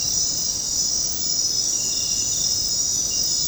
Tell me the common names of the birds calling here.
none